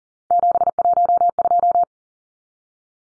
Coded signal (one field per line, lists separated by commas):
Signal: Morse code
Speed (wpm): 40 wpm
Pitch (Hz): 700 Hz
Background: none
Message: 712